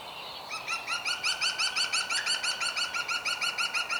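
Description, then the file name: European green woodpecker calling: a fast series of loud, ringing, laughing notes, evenly repeated about three per second. "Groene Specht Picus viridis"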